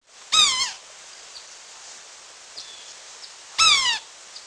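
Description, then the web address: Yellow-bellied sapsucker calling twice, each a squealing, descending cat-like mew with a harsh, nasal tone, the calls about three seconds apart against quiet background hiss. "Peterson North American Birds. ybsa"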